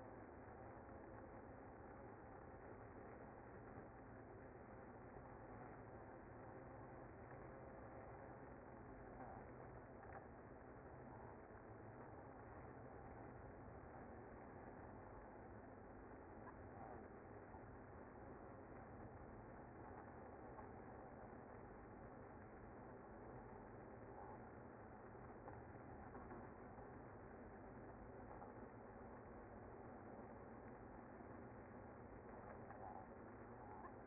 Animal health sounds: honeybee colony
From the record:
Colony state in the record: active

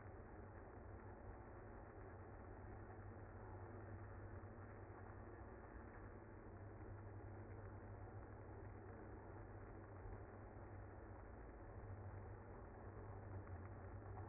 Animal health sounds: honeybee colony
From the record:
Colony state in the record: active

